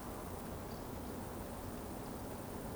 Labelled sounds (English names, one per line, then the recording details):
Eurasian Woodcock whistle
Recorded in Baden-Württemberg, Germany, on 23 June 2020 at 20:34 UTC
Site 14569, 102 m above sea level